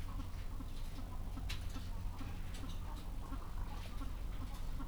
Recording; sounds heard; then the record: poultry house recording; sick chickens (respiratory disease)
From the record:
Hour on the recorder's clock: 14